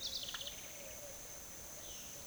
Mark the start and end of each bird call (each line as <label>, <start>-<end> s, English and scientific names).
House Wren (Troglodytes aedon), 0.00-1.10 s
Pale-vented Pigeon (Patagioenas cayennensis), 0.00-2.26 s
Violaceous Jay (Cyanocorax violaceus), 1.64-2.25 s